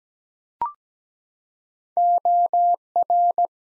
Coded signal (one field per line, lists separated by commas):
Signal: Morse code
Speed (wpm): 17 wpm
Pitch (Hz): 700 Hz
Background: none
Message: OR